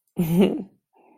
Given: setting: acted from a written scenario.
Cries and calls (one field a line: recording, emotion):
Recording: vocal sound without words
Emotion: pride